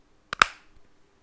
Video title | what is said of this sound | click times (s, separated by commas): Review FR: Mölly By L'Atelier | c'est clipsé. Ça bouge pas du tout. | 0.3 s, 0.4 s